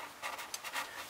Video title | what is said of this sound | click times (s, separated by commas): Ford Ranger Routine Maintenance | Go till it clicks | 0.5 s